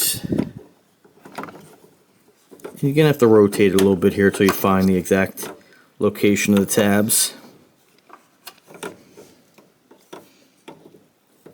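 An LED headlight bulb is handled and rotated in the headlight housing socket to find the tabs, with faint scraping and small plastic clicks around the talking. Someone talks through the middle of the clip. Nothing has seated or locked in yet.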